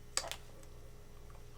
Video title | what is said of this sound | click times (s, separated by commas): The Marathon Journey Toward a New Smile with Smilelove.com 12 | you may have heard that one pop in and I | 0.2 s